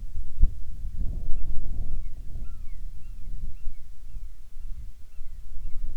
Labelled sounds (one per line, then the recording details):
bird
wind
insects
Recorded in the Prudhoe Bay oil fields, Alaska, on 10 July 2019 at 14:46
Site 14